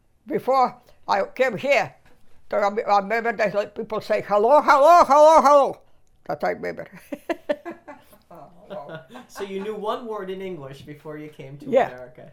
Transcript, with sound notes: Before I came here, I remember that people say, "Hello, hello, hello." That I remember. [Laughs]
So you knew one word in English before you came to America?